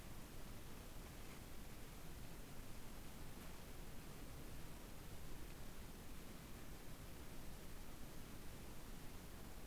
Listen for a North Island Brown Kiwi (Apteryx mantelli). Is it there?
no